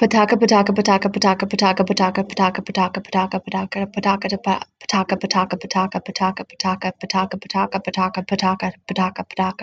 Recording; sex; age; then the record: repeated syllables /pa ta ka/; female; 20 to 29 years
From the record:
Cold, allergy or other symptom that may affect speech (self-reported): no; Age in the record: 25 years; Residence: Indiana, United States